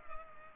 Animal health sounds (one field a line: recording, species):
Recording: mosquito wingbeat signal from an infrared sensor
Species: Culex pipiens